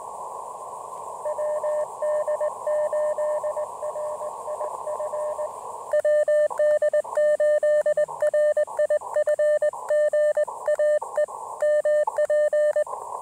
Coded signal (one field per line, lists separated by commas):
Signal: Morse code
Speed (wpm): 20 wpm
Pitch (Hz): 590 Hz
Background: radio noise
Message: WD8RIF WD8RIF GA E MP